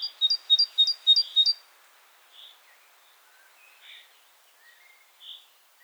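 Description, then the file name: Great tit song: a fast run of several high two-note phrases in the first second and a half, followed by scattered soft single notes and short chirps. "Parus major"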